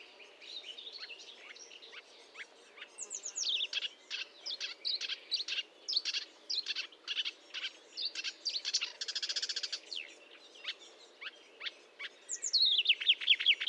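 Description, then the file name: Marsh warbler song, dense rapid chatter of buzzy trills, slurred whistles and harsh notes, hardly pausing, with a faint low hum behind. Recorded at Fourneau, Fontaine-Française, France, on 1 June 2022 at 10:55, using a Nagra recorder with a Telinga. "Rousserolle verderolle 20220601 1055 Fontaine-Francaise-Fourneau-Nagra-Telinga"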